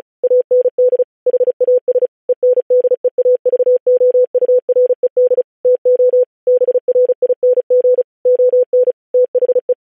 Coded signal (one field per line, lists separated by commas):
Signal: Morse code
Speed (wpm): 36 wpm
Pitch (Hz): 500 Hz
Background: none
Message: AND HAS ENDEAVOURED TO BRING ON THE